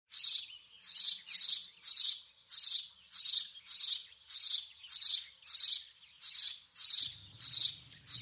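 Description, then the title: House sparrow chirping: many bright, high chirps in a series. Cheerful chirping, as heard in gardens in the Netherlands. "Notenkrakers - Aflevering 40 huismus"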